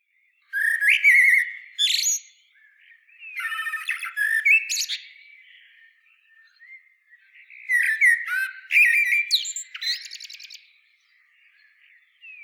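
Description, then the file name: Common blackbird song: rounded fluted notes followed by scratchy high twittering, in several phrases separated by quiet pauses. "Turdus merula"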